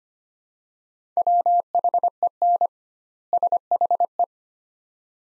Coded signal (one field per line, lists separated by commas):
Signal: Morse code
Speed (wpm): 25 wpm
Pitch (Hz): 700 Hz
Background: none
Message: WHEN SHE